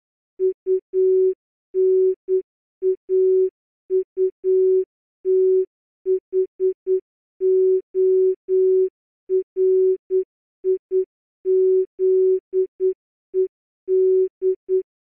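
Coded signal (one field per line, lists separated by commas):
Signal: Morse code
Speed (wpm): 9 wpm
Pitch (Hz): 380 Hz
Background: none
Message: UNAUTHORIZED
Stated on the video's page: Morse code challenge played at 50% slower speed.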